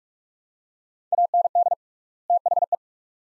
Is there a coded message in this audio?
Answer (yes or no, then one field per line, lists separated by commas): yes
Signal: Morse code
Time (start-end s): 1.1-2.8 s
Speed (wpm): 47 wpm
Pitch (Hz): 700 Hz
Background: none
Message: AND THE